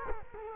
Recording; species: mosquito wingbeat signal from an infrared sensor; Culex quinquefasciatus